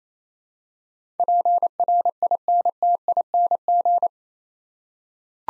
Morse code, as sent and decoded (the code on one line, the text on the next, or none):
.--. .-. .. -. - .. -. --.
PRINTING